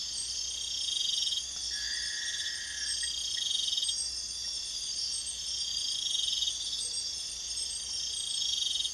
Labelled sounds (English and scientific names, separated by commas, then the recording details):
none
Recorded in pastures near Puerto Asís, Putumayo, Colombia, on 22 June 2025 at 02:30
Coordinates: 0.502, -76.324
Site G010